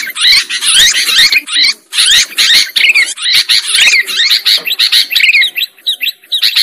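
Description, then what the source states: Lovebird calls: dense, scratchy high chatter with shrill rising and falling squeaks, nearly continuous with brief breaks. Lovebird sound used as a lure for trapping birds.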